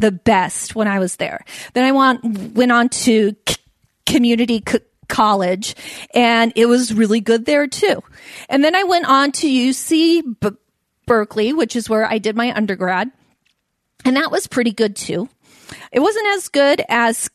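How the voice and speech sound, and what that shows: Adult woman who stutters, speaking with pauses and blocks in her speech. Stuttering.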